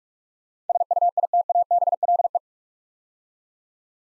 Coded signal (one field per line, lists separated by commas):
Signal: Morse code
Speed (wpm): 44 wpm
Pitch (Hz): 700 Hz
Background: none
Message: SUITABLE